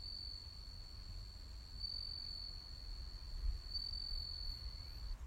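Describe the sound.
Cricket: a sustained high even trill holding one pitch throughout, with low rumble beneath.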